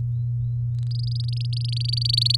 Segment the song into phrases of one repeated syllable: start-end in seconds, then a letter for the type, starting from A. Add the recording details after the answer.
0.91-2.36 A. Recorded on 8 May 2018 at 18:03. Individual llb16